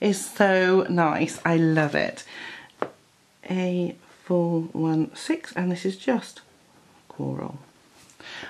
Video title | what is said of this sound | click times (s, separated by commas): Arteza Everblend 120 Marker set Unboxing and swatching | like the sound of the cap snapping back on it's a such a nice satisfyingly definitive | 2.8 s